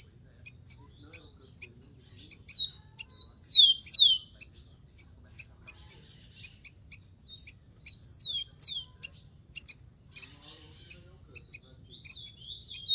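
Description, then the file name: Rufous-collared sparrow giving clear downslurred whistles in two separate phrases, backed by soft high chips. "canto do tico tico"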